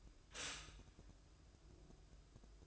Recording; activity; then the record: daily activity, microphone in the room; stop toaster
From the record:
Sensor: 2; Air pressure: 1006.9 hPa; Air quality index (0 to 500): 42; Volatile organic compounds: 1 ppm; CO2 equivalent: 546 ppm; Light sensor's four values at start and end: 6/14/6/6 and 6/14/6/6